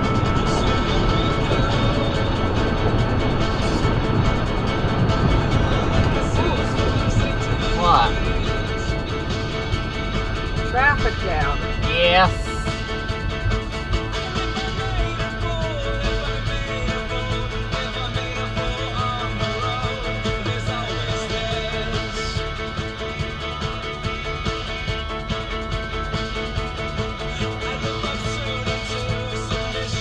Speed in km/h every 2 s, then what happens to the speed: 127, 124, 118, 85, 63, 47, 37, 32, 24, 23, 19, 18, 16, 18, 16.
0-30 brakes to 16.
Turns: none.